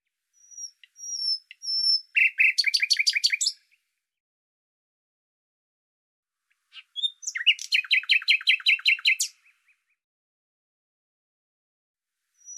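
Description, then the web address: Bird singing high thin whistles followed by a fast rattling trill, then a similar trill a few seconds later. "Deverinetal 2025"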